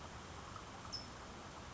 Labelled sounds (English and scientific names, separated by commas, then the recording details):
California Towhee (Melozone crissalis)
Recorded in Sonoma County, California